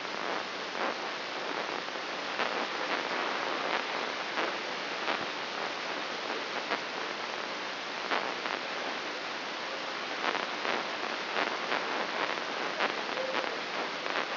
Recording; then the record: brain microelectrode recording played as sound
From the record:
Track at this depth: outside the subthalamic nucleus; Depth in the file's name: 7.86 mm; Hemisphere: left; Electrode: 3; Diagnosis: Parkinson's disease